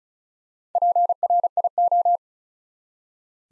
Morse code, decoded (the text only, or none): PRIO